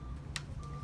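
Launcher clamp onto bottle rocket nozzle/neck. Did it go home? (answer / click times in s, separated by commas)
yes / 0.4 s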